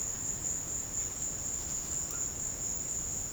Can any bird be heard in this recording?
yes